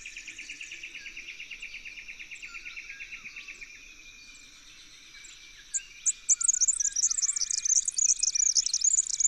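Red-backed fairywren song: after a steady soft ticking background, a few sharp high notes lead into a fast, high-pitched reeling trill over the last three seconds.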